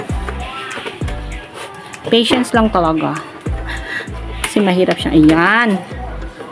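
A plastic door is being handled and pushed onto its hinge mount on a shoe rack frame, with short knocks and taps of plastic at about 0.3, 1.9 and 4.4 seconds while someone talks over background music. The door has not clicked or seated yet.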